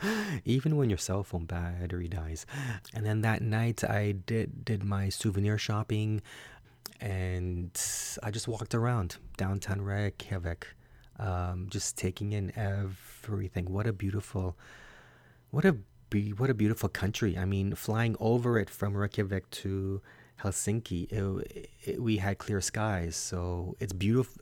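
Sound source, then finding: Adult male speaker. Stuttering.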